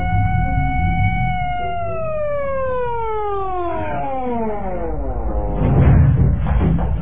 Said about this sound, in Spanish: Reaccionaban temerosos al ver que por los muelles se acercaba velozmente una patrulla policíaca. Hábilmente se escondían entre las sombras de las bodegas en el justo instante en que la patrulla se detenía.